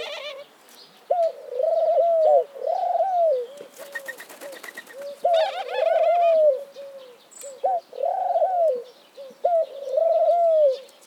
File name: Eurasian collared dove